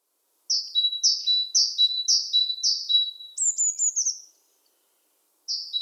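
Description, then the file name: Great tit song: a bright two-note phrase, a high note dropping to a lower steady one, repeated about five times, then a short run of quick descending notes, and the phrase resumes. "Parus major"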